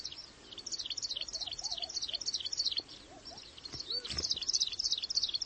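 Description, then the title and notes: Plain prinia chattering in a fast run of high, thin chirps, with a few soft lower whistled notes underneath. "Prenjak Sawah. Suara Burung Prenjak"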